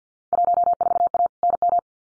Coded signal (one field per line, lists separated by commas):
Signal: Morse code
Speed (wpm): 50 wpm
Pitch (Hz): 700 Hz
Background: none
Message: 14A NM